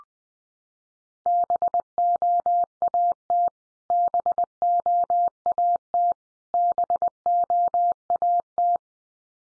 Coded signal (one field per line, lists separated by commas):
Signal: Morse code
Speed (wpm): 20 wpm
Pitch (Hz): 700 Hz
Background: none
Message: BOAT BOAT BOAT